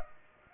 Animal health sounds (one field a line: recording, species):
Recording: mosquito wingbeat signal from an infrared sensor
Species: Culex pipiens